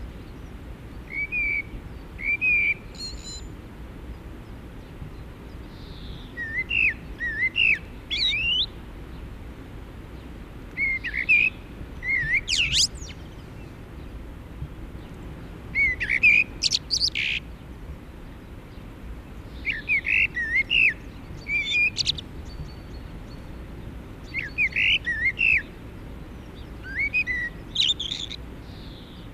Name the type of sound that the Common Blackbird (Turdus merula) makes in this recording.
song